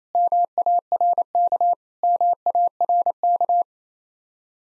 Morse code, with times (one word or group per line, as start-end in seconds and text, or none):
0.2-1.7 MARK
2.0-3.6 MARK